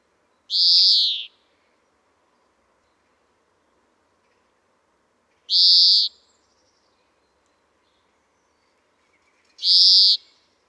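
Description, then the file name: European greenfinch uttering drawn-out nasal wheezes, three buzzy notes each under a second long, spaced roughly four to five seconds apart, over a faint low background hum. "Chloris chloris"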